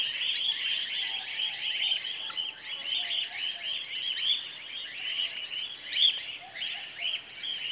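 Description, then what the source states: Cockatiels calling together, an unbroken stream of rough, warbled chirps from many birds, rising in waves with a few sharper notes standing out. Several cockatiels.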